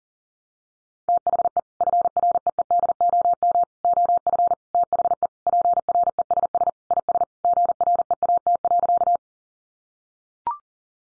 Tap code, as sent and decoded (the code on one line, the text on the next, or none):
none